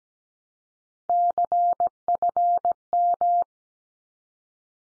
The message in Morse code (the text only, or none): CFM